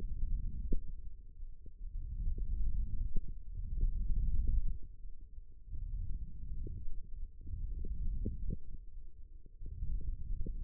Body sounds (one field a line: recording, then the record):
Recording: forearm muscle sounds (acoustic myography)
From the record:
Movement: hook grip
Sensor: system 1, eight BSWA MPA416 microphones around the upper forearm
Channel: 7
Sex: male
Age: 18 years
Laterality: right